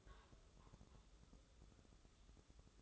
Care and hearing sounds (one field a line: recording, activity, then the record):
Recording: daily activity, microphone in the room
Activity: take from stove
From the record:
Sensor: 3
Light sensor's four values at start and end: 26/79/33/28 and 26/79/33/28